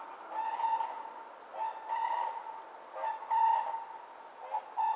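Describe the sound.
Cranes giving trumpeting calls in several short bursts with pauses between them.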